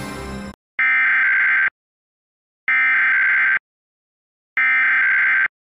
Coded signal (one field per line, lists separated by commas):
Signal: Emergency Alert System (SAME) tones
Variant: header bursts